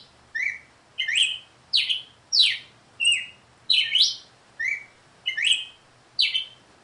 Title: Canto Galo Campina Fêmea. COMO FAZER SEU GALO CAMPINA CANTAR AÇOITE